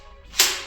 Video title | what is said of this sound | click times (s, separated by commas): Airsoft Review: Double Bell M16A4 M203 Grenade Launcher AEG Rifle UK Airsoft | pull it back until you hear it click. | 0.4 s